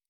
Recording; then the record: hydrophone in a shrimp aquaculture tank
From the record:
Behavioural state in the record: normal